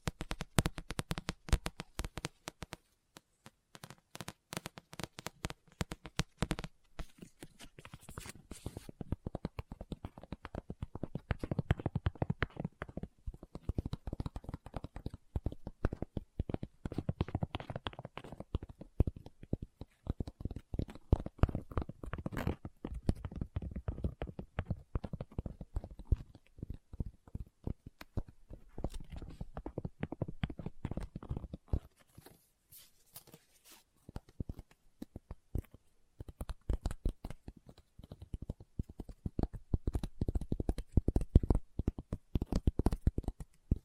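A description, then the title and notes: Rapid tapping and scratching on a book, with dense bursts of sharp clicks that fill almost the whole 44 seconds. The sounds are bright and crisp, coming in quick irregular runs with brief quieter gaps around 8, 15 and 32 seconds. Book Tapping, Scratching, Page Turning.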